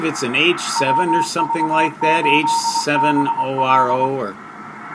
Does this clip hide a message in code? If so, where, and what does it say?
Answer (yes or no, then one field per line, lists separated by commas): yes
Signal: Morse code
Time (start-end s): 0.8-4.1 s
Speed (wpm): 23 wpm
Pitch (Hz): 920 Hz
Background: speech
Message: WV8BL